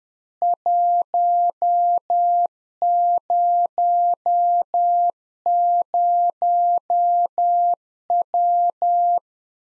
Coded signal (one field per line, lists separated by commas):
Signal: Morse code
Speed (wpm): 10 wpm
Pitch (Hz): 700 Hz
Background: none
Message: 100W